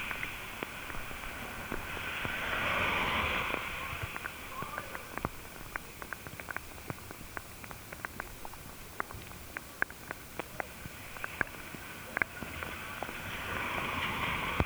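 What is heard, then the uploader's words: A hydrophone in a rain puddle picks up a steady underwater hiss with many sharp clicks and pops from drops striking the water, arriving irregularly several times a second. A brighter swelling wash rises around two to four seconds and again near the end. Today, it has rained for most of the entire day. A hydrophone recording of a puddle in the rain. The puddle was under a tree.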